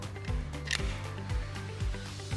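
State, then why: Seated. A plastic cover is pressed onto a modular smart switch housing, over its PCB, with music playing in the background. A sharp click sounds at 0.8 s as the cover snaps into position, confirming it is seated.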